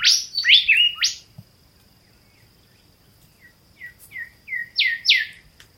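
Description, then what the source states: Golden Whistler call: loud rising and falling whistles, a pause, then softer notes building to two strong upswept whistles. Recorded by Craig Robertson on Norfolk Island, traditional land of the Pitcairn Islanders; call described as chee, chee, chee, chewit.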